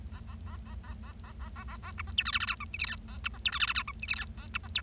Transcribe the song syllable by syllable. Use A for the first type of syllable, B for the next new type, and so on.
A A A A A A A A A A A B C D E F F G H I J K A B C D E F F G H I J K A B C D